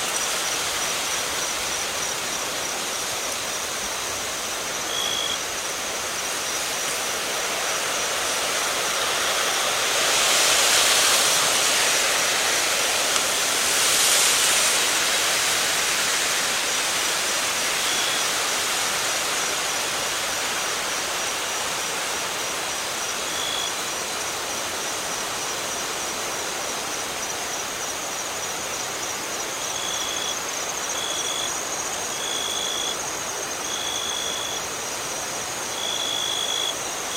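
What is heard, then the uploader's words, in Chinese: Wind rushes steadily through grass, a dense, bright hiss that swells into stronger gusts around the ten- and fourteen-second marks. Short, high insect chirps cut through now and then, becoming a regular repeating pattern over the final seven seconds. 大自然的声音_风与草合唱。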